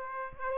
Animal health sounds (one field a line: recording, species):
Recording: mosquito wingbeat signal from an infrared sensor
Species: Aedes aegypti